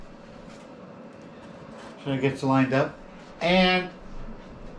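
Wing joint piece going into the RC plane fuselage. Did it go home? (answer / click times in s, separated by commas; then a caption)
no / none. A wing joint piece is lined up against the fuselage of a foam E-flite Super Timber 1.7 m RC plane before being pushed home. Someone talks briefly over a steady low background hum. Nothing has seated or clicked yet.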